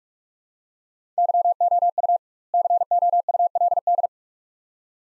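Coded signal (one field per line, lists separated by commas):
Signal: Morse code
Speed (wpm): 45 wpm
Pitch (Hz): 700 Hz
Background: none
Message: YOU COULD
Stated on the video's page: Morse practice of two-word sets at 45 wpm with 2x word spacing, a Farnsworth-like method; sent, spoken, then resent.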